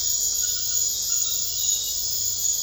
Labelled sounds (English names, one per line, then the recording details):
none
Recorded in secondary vegetation near Puerto Asís, Putumayo, Colombia, on 21 December 2024 at 21:30
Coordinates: 0.498, -76.327
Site GP07